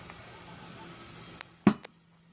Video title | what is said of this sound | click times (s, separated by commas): Changing a tire with Harbor Freight manual tire changer | pop the other side is not on yet but that should pop shortly | 1.7 s